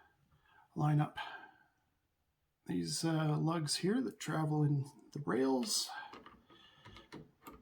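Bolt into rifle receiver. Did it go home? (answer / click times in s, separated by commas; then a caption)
no / none. Someone talks while lining up the lugs of a steel straight-pull bolt with the rails of an M95 rifle receiver as the bolt is reinserted. Soft metal and wood handling sounds are heard, with faint ticks around 6.3, 7.0 and 7.1 seconds. The bolt has not yet seated or clicked into place.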